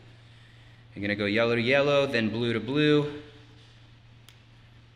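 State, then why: Seated. A man talks from about 1.0 to 3.2 s while the blue phase-wire bullet connectors between an e-bike's controller and motor harness, the motor phase wire plug going into the controller phase wire socket, are pushed together. A short, sharp pop at 4.3 s marks the connector seating, confirming a solid connection.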